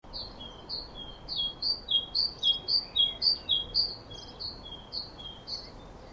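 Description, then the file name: Great tit delivering a long, even string of high-then-low note pairs, swelling louder in the middle and fading toward the end. "Parus major"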